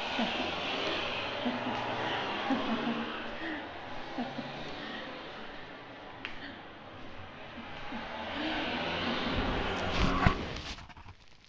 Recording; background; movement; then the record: laughter; traffic; walking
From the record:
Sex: female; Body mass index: 25.5 kg/m2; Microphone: on the chest, facing the body